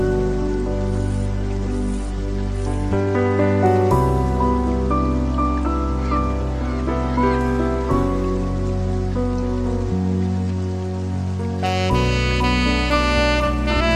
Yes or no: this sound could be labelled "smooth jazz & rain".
yes